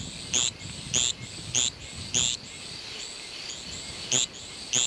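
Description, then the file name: Javelin frog calling with piercing high chirps at uneven intervals, with fainter calls in between. "Litoria microbelos"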